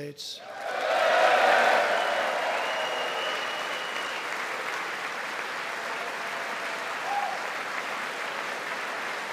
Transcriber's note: applause